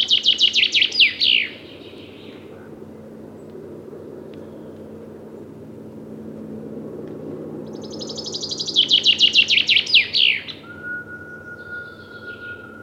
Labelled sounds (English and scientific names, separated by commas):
Common Chaffinch (Fringilla coelebs) song